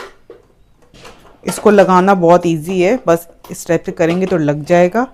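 On a Brother DS1300 sewing machine, the upper needle plate, the metal plate over the hook area, is pressed onto the machine bed after the bobbin case has been fitted. It snaps into place at 0.3 s, followed by a fainter sound at 0.8 s. Someone then talks.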